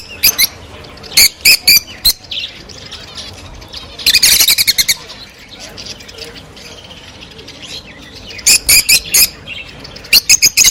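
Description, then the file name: Rosy-faced lovebird chirping: clusters of shrill high chirps and squeaks near the start, middle and end, with softer twittering between them. Singing and chirping described as beautiful and cheerful. "krasivoe i veseloe penie i chirikane rozovoshhekih nerazluchnikov"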